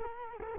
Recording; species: mosquito wingbeat signal from an infrared sensor; Culex quinquefasciatus